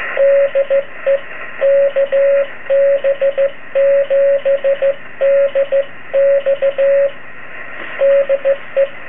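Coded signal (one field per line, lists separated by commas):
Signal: Morse code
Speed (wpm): 16 wpm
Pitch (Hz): 550 Hz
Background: radio noise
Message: DE KB7DX DE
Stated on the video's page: Vacuum tube multi-frequency oscillator from a Boonton RF admittance bridge with a 6BK7B oscillator tube, powered by a homebrew supply.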